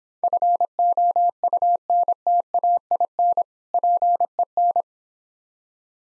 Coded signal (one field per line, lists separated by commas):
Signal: Morse code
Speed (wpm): 26 wpm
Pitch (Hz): 700 Hz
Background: none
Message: FOUNTAIN PEN